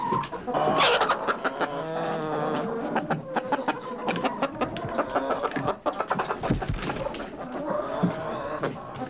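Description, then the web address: Chicken clucking, a rapid stream of short clucks. Chicken clucking while moving around. "chicken clucking moving around donkey in bg animal bird"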